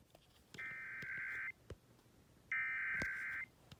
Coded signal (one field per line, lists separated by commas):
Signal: Emergency Alert System (SAME) tones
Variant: header bursts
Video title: [EAS #191-192] NJ Required Monthly Tests